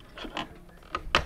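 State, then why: Seated. A plastic ice maker component with two small clips is pressed to the left and then backwards into the ice maker housing of a Samsung refrigerator, making soft plastic scrapes and taps around 0.4 s and 0.9 s. A sharp, loud click at 1.2 s marks the part snapping into place, and it is seated.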